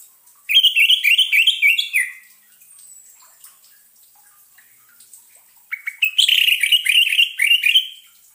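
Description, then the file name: Orange-headed thrush song in two runs of rapid, jumbled warbling and whistled notes, separated by a quiet pause. Sound used as a lure so the bird is not stressed. "suara pancingan burung anis merah agar tidak stress"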